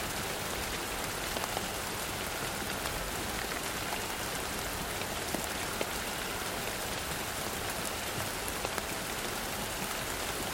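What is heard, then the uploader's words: Rain falls steadily through the tree tops, a dense, even hiss that holds unchanged from start to finish. Scattered sharper drips tap through the wash every second or so, bright, over a soft low rumble underneath. Rain In The Tree Tops.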